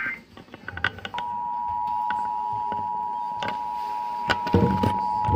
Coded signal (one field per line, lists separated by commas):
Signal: Emergency Alert System (SAME) tones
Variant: 853 and 960 Hz attention tone